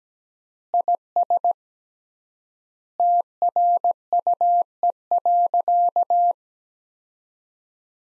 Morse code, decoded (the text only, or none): IS TRUE.